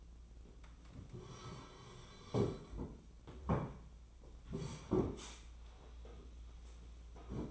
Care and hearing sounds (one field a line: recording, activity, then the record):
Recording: daily activity, microphone in the room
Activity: sit down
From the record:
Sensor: 1